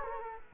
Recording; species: mosquito wingbeat signal from an infrared sensor; Culex quinquefasciatus